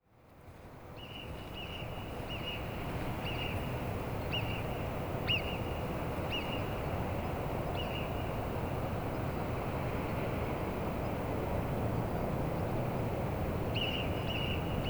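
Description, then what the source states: Alpine marmot whistling in alarm, a series of short shrill whistles about once a second, a pause, then more near the end, over continuous low rushing noise. Several Alpine marmots whistling, alarmed by the recordists' presence; Plateau d'Aiguallut near Carretera de La Besurta, Benasque, Huesca, Spain; Sennheiser MKH8040 ORTF pair with Sound Devices MixPre6.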